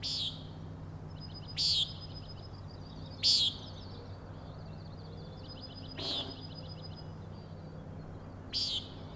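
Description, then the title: Common nighthawk giving a series of five buzzy peents at uneven intervals, interspersed with quick high rattling notes, over a steady low hum. Three nighthawks (later one) peenting while flying in very close formation; Overlook, Schoodic Head, Acadia National Park, Winter Harbor, Maine; 16 June 2017, 4am. "Common Nighthawks, Schoodic Head 061617 4am"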